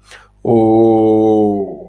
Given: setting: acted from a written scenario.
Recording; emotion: vocal sound without words; disappointment